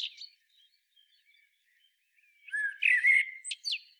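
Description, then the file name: Common blackbird: faint squeaks, then a full song phrase of low whistled notes breaking into sharp, high-pitched twitters near the end. "Turdus merula"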